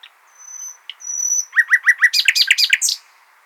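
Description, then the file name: Common nightingale song opening with two soft drawn-out whistles that swell in volume, then breaking into a quick series of repeated chirps. "Luscinia megarhynchos"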